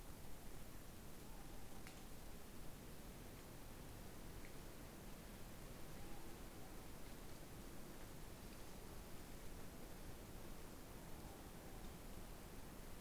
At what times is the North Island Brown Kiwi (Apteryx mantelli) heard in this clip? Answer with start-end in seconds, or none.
none